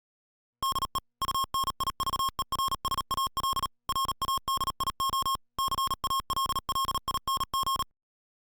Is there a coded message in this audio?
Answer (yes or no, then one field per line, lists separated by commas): yes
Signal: Morse code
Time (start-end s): 0.6-7.8 s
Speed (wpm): 38 wpm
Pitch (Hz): 1080 Hz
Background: music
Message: DE UNIVERSAL RADIO CALLING